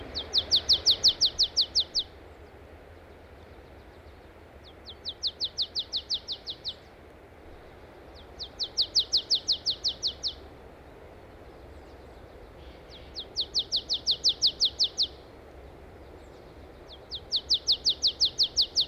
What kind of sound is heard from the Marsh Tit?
song